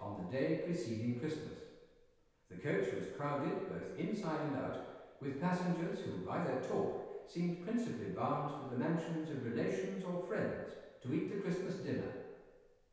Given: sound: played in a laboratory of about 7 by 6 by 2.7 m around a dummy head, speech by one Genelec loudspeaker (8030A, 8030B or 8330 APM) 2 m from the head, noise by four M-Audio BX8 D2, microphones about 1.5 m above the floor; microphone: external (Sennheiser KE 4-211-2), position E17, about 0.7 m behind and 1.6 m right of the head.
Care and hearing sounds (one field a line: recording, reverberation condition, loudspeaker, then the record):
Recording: male speech in English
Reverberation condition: high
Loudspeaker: 30 degrees to the left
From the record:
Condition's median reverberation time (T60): about 1300 ms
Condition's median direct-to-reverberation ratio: about -4.0 dB